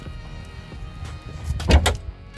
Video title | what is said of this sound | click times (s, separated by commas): Window Motor Fixed - Tesla Model S | There, I heard it snap. Yeah, that sucker snapped right in. | 1.9 s